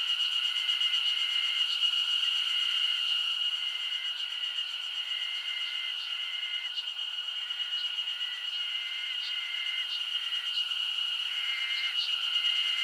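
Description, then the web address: Insects sounding together: an unbroken shrill drone beneath irregular short, flat lower tones, with occasional sharp clicks higher up. Summer insect ambience recorded in Japan. "Sound Effects-Foundation 1 AMBIENCE JAPANESE SUMMER INSECTS 01"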